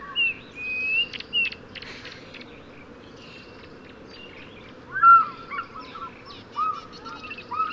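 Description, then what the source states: African fish eagle calls: short ringing yelps, a few at the start, then a louder burst of quick yelps near the end. Several African fish eagles.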